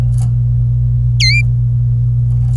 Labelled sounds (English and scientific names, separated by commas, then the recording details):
Domestic Canary (Serinus canaria) song
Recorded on 26 April 2018 at 11:46
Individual llb3